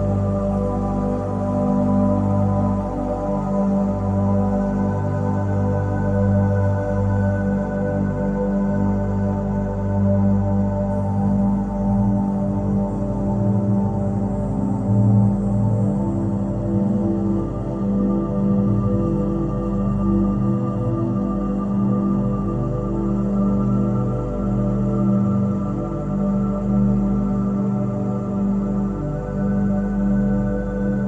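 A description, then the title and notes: A sustained sound-bath drone built on a low 174 Hz tone, with many steady layered overtones stacked above it. The texture stays constant and dense for the whole stretch, with a gentle slow pulsing in the low range and no distinct events. 174 Hz Headache Relief with Solfeggio Frequency - Pain Relieving Sound Bath.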